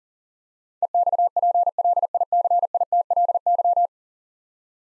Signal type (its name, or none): Morse code